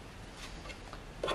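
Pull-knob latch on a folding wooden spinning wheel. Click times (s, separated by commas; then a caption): 1.2 s. A Spinolution King Bee collapsible wooden spinning wheel, with a birch plywood body, is folded closed, and its pull-knob latch snaps back in at 1.2 s with a sharp click. The latch clicks home so the wheel will not open when carried. A faint tick at 0.9 s precedes it over a quiet, low-level background.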